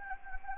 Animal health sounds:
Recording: mosquito wingbeat signal from an infrared sensor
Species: Anopheles gambiae

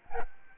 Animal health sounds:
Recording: mosquito wingbeat signal from an infrared sensor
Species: Aedes albopictus

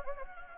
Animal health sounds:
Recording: mosquito wingbeat signal from an infrared sensor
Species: Anopheles gambiae

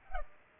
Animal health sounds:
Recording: mosquito wingbeat signal from an infrared sensor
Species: Culex pipiens

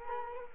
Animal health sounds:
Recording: mosquito wingbeat signal from an infrared sensor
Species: Culex quinquefasciatus

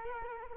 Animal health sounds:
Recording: mosquito wingbeat signal from an infrared sensor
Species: Culex quinquefasciatus

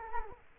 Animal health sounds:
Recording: mosquito wingbeat signal from an infrared sensor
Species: Culex quinquefasciatus

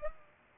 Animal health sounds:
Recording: mosquito wingbeat signal from an infrared sensor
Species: Culex pipiens

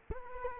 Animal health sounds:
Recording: mosquito wingbeat signal from an infrared sensor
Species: Culex quinquefasciatus

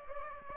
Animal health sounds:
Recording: mosquito wingbeat signal from an infrared sensor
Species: Aedes aegypti

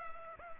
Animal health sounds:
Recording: mosquito wingbeat signal from an infrared sensor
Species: Culex pipiens

